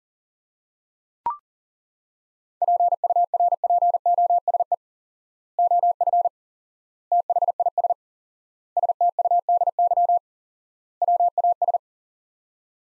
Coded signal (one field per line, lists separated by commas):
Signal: Morse code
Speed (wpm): 37 wpm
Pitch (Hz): 700 Hz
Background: none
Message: PURPOSE OF THIS STUDY WAS